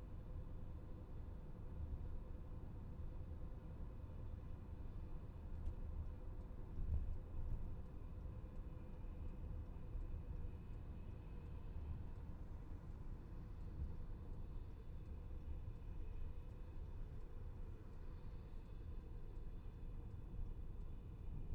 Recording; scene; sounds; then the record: everyday scene through a hearing-aid microphone; in a vehicle; engine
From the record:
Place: VW T5 Caravelle, diesel engine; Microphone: behind the ear, left, front